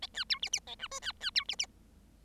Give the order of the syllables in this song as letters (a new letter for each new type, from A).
A B C D D A E F B B C D D